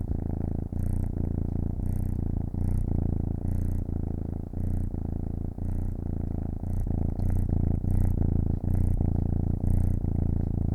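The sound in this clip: Domestic cat purring continuously, a deep rumbling sound pulsing with each breath.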